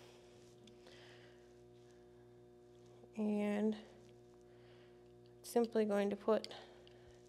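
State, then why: Not seated. A new replacement battery is being pushed into the battery compartment of an IQ Mini e-collar transmitter. Over a steady low hum, someone talks in two short bursts. Nothing has seated or clicked yet by the end of the clip.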